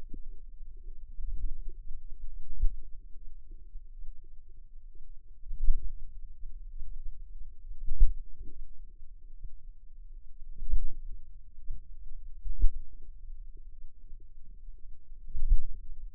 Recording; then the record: forearm muscle sounds (acoustic myography)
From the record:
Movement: pen grasping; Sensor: system 2, bracelet of six BSWA MPA416 microphones around the upper forearm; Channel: 1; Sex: female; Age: 22 years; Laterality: right